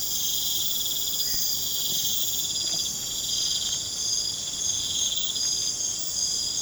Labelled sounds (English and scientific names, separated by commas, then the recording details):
none
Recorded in pastures near Puerto Asís, Putumayo, Colombia, on 30 June 2025 at 21:00
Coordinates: 0.472, -76.331
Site G095